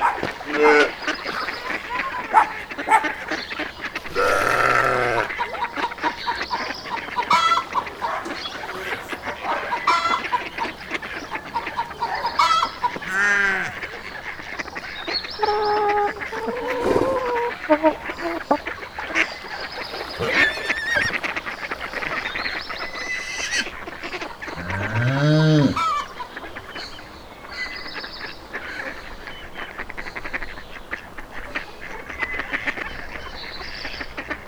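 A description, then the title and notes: Animals in the morning, mostly geese and other fowl honking and calling in a dense, overlapping chorus that never lets up. Louder rising honks stand out near 5, 13, 17 and 25 seconds, with quieter chatter filling the gaps throughout. Animals in the morning.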